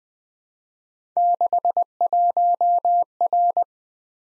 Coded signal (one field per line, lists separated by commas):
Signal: Morse code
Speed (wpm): 20 wpm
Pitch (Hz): 700 Hz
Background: none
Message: 61R